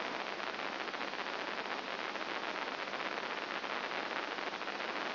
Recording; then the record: brain microelectrode recording played as sound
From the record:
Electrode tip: inside the subthalamic nucleus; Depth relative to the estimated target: -5 mm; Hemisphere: left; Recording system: AlphaMap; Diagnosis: Parkinson's disease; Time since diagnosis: 7 years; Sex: female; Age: 55 years